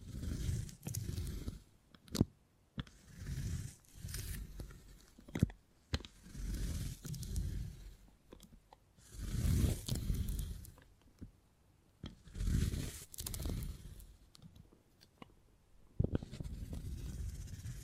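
Beeswax is squeezed and kneaded in repeated soft, crackly bursts with low rumbling pushes, broken by sharp sticky snaps every few seconds.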